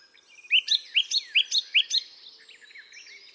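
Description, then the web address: Bird chirps: four pairs of rising notes delivered quickly and evenly, trailing off into softer twitters. "cianscape birddata Deverinetal 2025. Bird Only"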